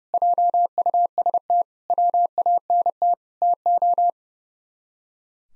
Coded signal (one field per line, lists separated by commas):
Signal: Morse code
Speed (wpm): 36 wpm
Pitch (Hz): 700 Hz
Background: none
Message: JUST WANT TO